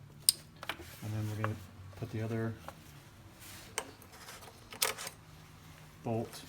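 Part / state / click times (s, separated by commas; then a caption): wiring harness retaining clip into radiator fan shroud / seated / 0.3 s. A radiator fan wiring harness on a 2004 Toyota Avalon is pressed back into place so its plastic retaining clip snaps onto the fan shroud. One sharp, loud click at 0.3 s marks the clip seating, followed by a few fainter ticks and taps while someone talks.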